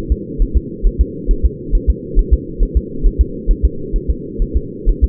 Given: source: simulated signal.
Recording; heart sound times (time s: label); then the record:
fetal heart sounds
0.12 s: S2
0.42 s: S1
0.57 s: S2
0.87 s: S1
1.01 s: S2
1.31 s: S1
1.45 s: S2
1.75 s: S1
1.90 s: S2
2.19 s: S1
2.33 s: S2
2.63 s: S1
2.77 s: S2
3.06 s: S1
3.21 s: S2
3.51 s: S1
3.65 s: S2
3.96 s: S1
4.10 s: S2
4.42 s: S1
4.56 s: S2
4.89 s: S1
5.04 s: S2
From the record:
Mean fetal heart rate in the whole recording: 130 bpm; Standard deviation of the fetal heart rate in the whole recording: 4 bpm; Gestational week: 38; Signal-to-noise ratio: -4.3 dB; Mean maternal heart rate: 72 bpm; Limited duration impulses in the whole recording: present